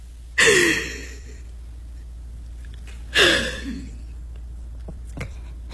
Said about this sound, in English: Hey, okay, come on, let's just breathe. Take a deep breath